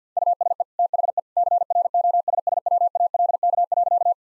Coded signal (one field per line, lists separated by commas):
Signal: Morse code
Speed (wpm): 50 wpm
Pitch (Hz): 700 Hz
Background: none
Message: USE THE CROSSWALK.